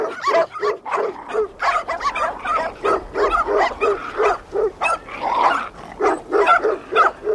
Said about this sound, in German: In diesem Augenblick tauchten zwei in Norwegerpullover gehüllte Damen mit Pferdeschwanzfrisuren auf, die an langen Leinen eine bunt gemischte Meute hinter sich herzerrten.